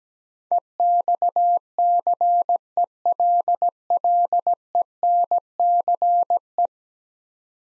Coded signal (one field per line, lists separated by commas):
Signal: Morse code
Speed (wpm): 17 wpm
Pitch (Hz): 700 Hz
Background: none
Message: EXCELLENCE